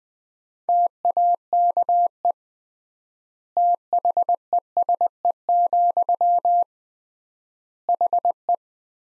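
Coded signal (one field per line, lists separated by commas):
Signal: Morse code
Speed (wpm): 21 wpm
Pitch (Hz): 700 Hz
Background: none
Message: TAKE THESE, HE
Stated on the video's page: Morse practice drill of sentences from the top 300 words at 20 wpm with 3x word spacing, a Farnsworth-like method applied to words.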